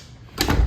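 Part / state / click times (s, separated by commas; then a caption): door latch bolt into the strike plate of the door frame / not seated / none. A door fitted with newly added Door Armor metal latch guard shields is pushed closed against the strike plate of the frame, thumping against the frame at about 0.4 s with a second impact near 0.5 s. The latch bolt has not clicked into the strike plate; the door stays unlatched because the shields made it thicker, so it cannot close completely.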